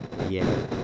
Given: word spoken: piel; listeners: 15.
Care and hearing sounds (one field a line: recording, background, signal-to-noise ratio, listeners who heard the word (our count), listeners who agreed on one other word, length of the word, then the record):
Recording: one Spanish word in noise, from a listening test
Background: noise modulated by three-talker babble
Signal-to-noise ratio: -4.6 dB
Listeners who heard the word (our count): 1 of 15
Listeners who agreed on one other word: 6 of 15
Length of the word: 0.44 s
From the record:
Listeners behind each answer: 6, 2, 2, 1, 1, 1, 1, 1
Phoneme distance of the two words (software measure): 14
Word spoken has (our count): 1 syllable, 4 phonemes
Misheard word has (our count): 2 syllables, 4 phonemes, stress on syllable 1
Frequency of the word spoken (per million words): 92.60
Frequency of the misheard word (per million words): 20.91